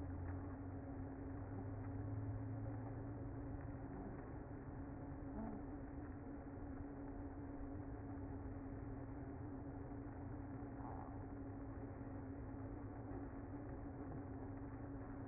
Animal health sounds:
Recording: honeybee colony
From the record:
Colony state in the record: active

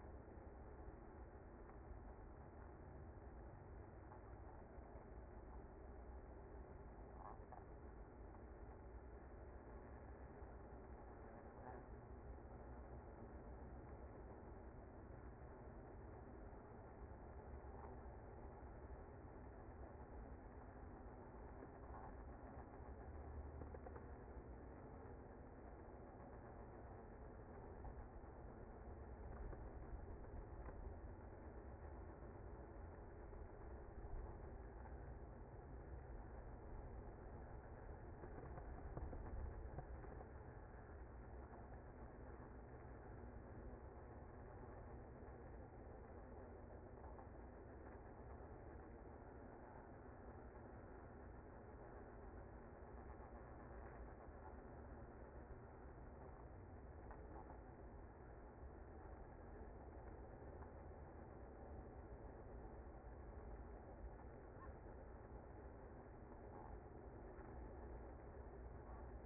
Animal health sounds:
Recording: honeybee colony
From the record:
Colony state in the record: active

